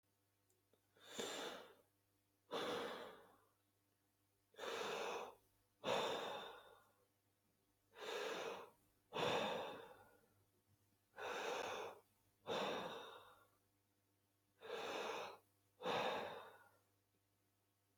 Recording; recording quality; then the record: deep breathing; excellent, no background noise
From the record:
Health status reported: healthy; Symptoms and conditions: none ticked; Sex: male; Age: 35 years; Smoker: not ticked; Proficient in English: yes